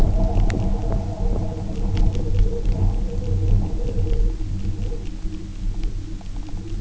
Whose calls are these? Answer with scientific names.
none